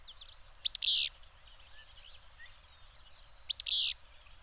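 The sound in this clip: Bird sings two matching phrases about three seconds apart, each made of quick sharp notes and a rasping buzz, over soft chirps and twitters.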